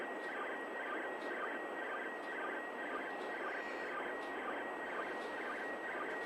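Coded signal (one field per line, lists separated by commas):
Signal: SSTV (slow-scan television)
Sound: warbling tones under heavy hiss, with short low blips about twice a second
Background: radio static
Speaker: of mmss tv here we go so so so so so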